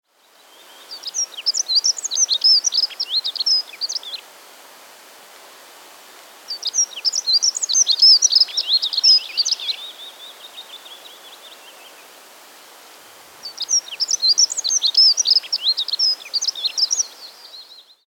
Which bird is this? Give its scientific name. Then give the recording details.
Prunella modularis. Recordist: Frommolt, Karl-Heinz. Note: Gesang